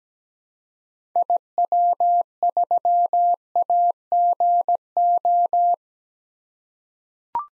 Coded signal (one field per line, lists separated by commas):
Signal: Morse code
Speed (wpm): 17 wpm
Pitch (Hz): 700 Hz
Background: none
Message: IW3AGO